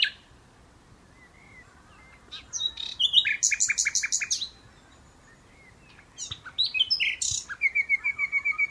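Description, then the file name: Common nightingale song: rich phrases with a fast burst of repeated sharp notes midway, then a rhythmic rattling series of clicks and whistles after a short pause. "Luscinia megarhynchos"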